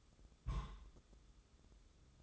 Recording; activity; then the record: daily activity, microphone in the room; place on stove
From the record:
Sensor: 3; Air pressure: 995.4 hPa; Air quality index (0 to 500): 86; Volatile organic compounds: 8 ppm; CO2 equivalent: 2105 ppm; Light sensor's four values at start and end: 26/81/34/29 and 26/81/34/29